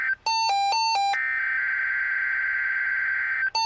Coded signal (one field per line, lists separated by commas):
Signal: Emergency Alert System (SAME) tones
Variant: header bursts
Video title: EAS Required Weekly Test NOAA Weather Radio KEC65 (Featuring Eton ESP2100!)